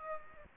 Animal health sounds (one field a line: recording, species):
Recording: mosquito wingbeat signal from an infrared sensor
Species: Aedes aegypti